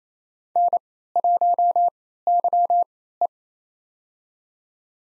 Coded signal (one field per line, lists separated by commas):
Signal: Morse code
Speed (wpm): 27 wpm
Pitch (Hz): 700 Hz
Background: none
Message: N1YE